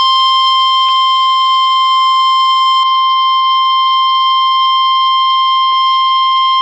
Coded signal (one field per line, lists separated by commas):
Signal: Emergency Alert System (SAME) tones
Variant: 1050 Hz attention tone